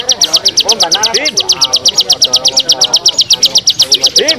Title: BM Suara Burung Ciblek